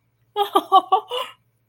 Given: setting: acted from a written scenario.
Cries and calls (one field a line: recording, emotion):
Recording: vocal sound without words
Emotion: positive surprise